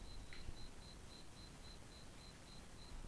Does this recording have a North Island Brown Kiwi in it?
no